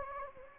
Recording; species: mosquito wingbeat signal from an infrared sensor; Anopheles gambiae